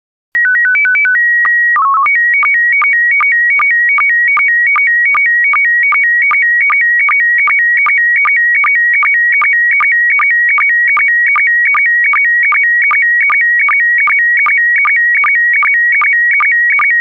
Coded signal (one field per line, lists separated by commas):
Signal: SSTV (slow-scan television)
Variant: PD 50